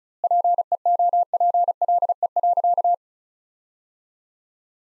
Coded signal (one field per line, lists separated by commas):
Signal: Morse code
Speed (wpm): 34 wpm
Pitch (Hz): 700 Hz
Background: none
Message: PEOPLE.